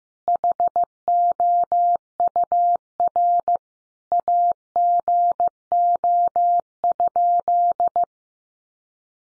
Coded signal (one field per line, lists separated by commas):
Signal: Morse code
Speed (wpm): 15 wpm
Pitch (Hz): 700 Hz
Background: none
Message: HOUR AGO?